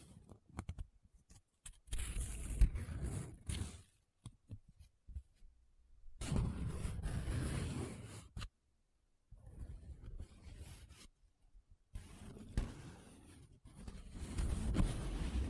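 Paper being rubbed and scratched, with a dry, rustling texture in bursts of a second or two. Longer stretches of steady scraping come around 2–4, 6–8 and 12–15 seconds, separated by short silences and quick scratchy strokes, with a low rumbling body under the hiss.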